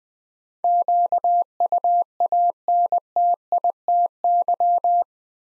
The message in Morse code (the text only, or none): QUANTITY